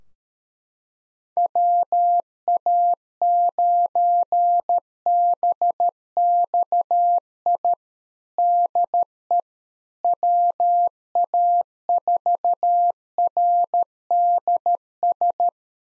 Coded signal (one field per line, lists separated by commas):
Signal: Morse code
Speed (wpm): 13 wpm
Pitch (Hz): 700 Hz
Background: none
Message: WA9BXI DE WA4RDS